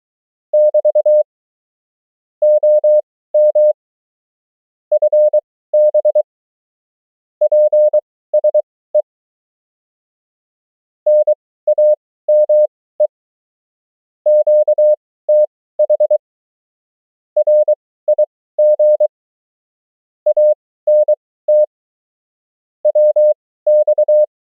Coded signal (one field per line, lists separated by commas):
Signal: Morse code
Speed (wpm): 23 wpm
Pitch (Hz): 600 Hz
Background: none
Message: <BT> OM FB PSE NAME QTH RIG ANT WX